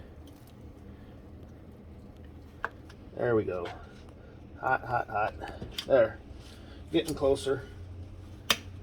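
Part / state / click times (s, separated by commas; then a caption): press-fit part on the van being pushed down into its mount / partly seated / 8.5 s. A press-fit part on a van is pushed down by hand into its mount while someone talks. A sharp snap is heard at 8.5 s as the part pops partly into place, but it is not yet fully home.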